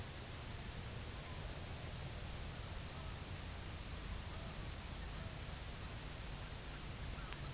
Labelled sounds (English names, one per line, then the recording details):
unidentified sound
Greater White-fronted Goose
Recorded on Arctic tundra, site UTQI-2, on 16 June 2019
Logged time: 10:00